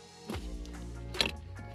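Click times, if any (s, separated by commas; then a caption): 1.2 s. During installation of an Acuity Fully Adjustable Short Shifter on a 10th Gen Honda Civic Si, a shifter cable end is pried off its mount on the shifter assembly. Over steady background music, a sharp pop is heard at 1.2 s as the cable end releases and pops off.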